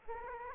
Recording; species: mosquito wingbeat signal from an infrared sensor; Aedes aegypti